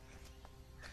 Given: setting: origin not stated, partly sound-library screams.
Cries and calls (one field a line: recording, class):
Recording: one-second piece from a danger detection set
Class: normal situation